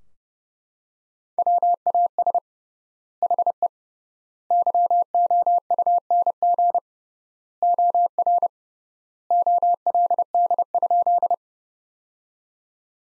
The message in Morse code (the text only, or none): WAS HE YOUNG OR OLD?